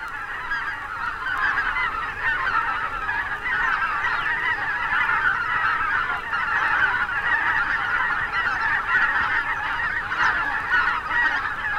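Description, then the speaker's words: Greater white-fronted goose: greater white-fronted geese calling in a huge flock, a continuous dense clamour of high yelping honks overlapping without pause throughout. Thousands-strong flocks flying over a river island. "Какой гвалт! Это тысячные стаи белолобых гусей носятся над речным островом."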